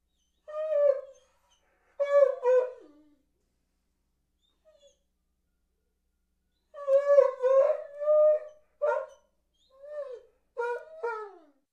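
Dog whining: short, high, nasal whimpers that slide downward. A pair comes early, then a pause of several seconds, then a longer run of repeated whines.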